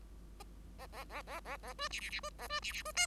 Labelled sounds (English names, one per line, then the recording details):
Bengalese Finch song
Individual Bird5